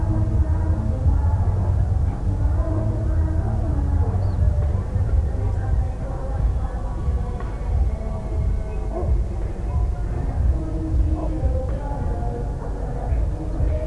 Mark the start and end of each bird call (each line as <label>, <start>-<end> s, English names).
Ortolan Bunting, 4.22-4.35 s
Ortolan Bunting, 13.52-13.56 s